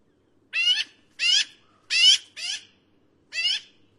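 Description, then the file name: Black-billed Magpie giving harsh, nasal, rising calls, five in a row at uneven intervals of about half a second to a second; background otherwise quiet. "canto do Pica hudsonia"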